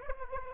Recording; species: mosquito wingbeat signal from an infrared sensor; Aedes aegypti